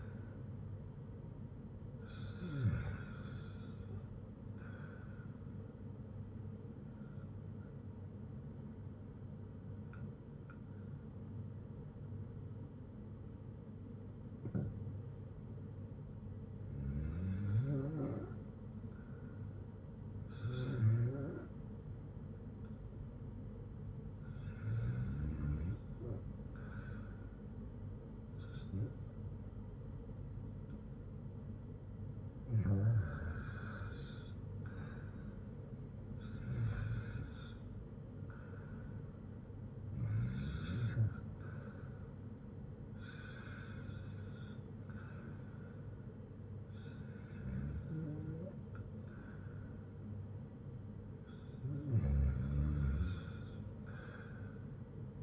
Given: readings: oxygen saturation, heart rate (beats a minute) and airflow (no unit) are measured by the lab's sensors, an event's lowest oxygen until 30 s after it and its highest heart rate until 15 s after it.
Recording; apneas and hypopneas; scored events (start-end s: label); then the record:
breathing in sleep by a smartphone at the bedside; 1
13.00-38.20 s: hypopnea (REM, oxygen 90% highest, then 86% lowest, heart rate 65 at the start, 77 highest)
From the record:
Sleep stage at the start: REM sleep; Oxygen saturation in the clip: 82 to 91%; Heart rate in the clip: 59 to 77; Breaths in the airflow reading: 12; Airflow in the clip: -6.2 to 5.9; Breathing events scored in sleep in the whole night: 182 in 7.4 hours asleep